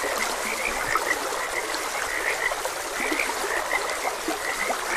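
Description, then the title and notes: Frogs give a steady chorus of quick, bright croaks, notes crowding together over an unbroken rush of running water. Frogs croaking beside a gentle stream. "Gentle Stream and Frogs Croaking - Calming Sounds of Nature. Sleep and Relaxation Podcast"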